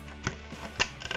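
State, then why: Not seated. A plastic serving tray, placed over the hand of a life-size ASDA Halloween 2009 Gemmy butler figure, is handled and pushed onto the arm. Short plastic knocks and taps are heard at about 0.3, 0.8, 1.1 and 1.1 seconds. Nothing has locked into place yet.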